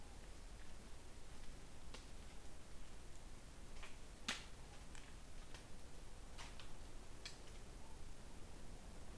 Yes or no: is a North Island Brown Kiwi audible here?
no